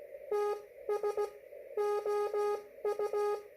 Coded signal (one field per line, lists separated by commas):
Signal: Morse code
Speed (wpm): 17 wpm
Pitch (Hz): 410 Hz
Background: none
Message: TS OU